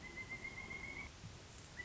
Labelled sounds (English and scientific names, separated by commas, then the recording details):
Pileated Woodpecker (Dryocopus pileatus)
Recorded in Sonoma County, California